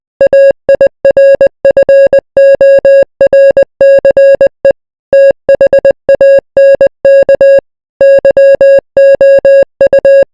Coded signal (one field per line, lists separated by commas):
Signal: Morse code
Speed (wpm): 20 wpm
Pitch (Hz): 550 Hz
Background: music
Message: AIRFORCE THANK YOU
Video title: the royal empire morse code